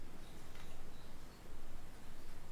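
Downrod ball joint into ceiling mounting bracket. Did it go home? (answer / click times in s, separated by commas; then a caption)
no / none. A KlassFan Modulo ceiling fan (air destratifier) has its downrod ball joint lowered toward the ceiling mounting bracket, where its notch is meant to engage. Only faint, steady handling noise and low rumble are heard, dipping briefly around 1.3–1.4 s. Nothing has seated or clicked yet.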